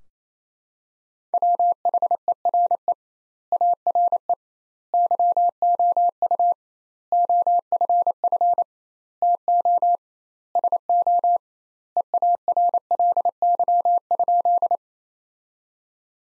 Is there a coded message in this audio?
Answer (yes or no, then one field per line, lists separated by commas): yes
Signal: Morse code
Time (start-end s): 1.3-14.8 s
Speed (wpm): 28 wpm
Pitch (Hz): 700 Hz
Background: none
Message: WHERE ARE YOU OFF TO SO EARLY?